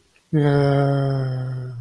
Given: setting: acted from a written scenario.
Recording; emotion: vocal sound without words; contempt